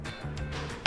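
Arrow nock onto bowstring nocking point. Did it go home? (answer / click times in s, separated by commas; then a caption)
yes / 0.9 s. An original plastic Centershot arrow nock is pushed onto the bowstring's nocking point until it snaps on. Music plays steadily, then a single sharp click is heard at 0.9 s as the nock seats on the string.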